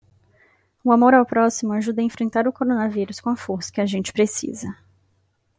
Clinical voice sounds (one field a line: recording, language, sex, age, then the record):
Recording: spoken sentence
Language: Brazilian Portuguese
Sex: female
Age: 20 to 29 years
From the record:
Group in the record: control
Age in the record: 26 years